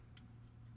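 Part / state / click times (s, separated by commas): spring onto paintball marker bolt / not seated / none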